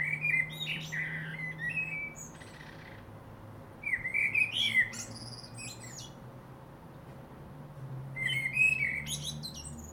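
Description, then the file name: Common blackbird delivers three rich, fluty phrases spaced about four seconds apart, each finishing in thin high squeaks, over a low steady hum. "Turdus merula"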